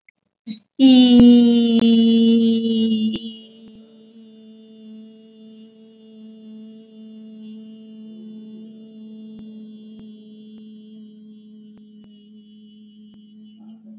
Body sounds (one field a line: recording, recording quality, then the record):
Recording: sustained vowel as in beet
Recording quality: excellent, no background noise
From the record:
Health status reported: COVID-19 positive, mild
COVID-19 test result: positive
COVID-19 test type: RT-PCR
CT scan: not taken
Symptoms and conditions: cough, fever, fatigue, muscle pain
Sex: female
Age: 24 years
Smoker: no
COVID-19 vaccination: both doses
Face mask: worn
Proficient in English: yes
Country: India